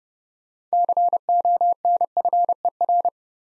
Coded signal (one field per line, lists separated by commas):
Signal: Morse code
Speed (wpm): 30 wpm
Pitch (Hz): 700 Hz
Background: none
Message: CONFER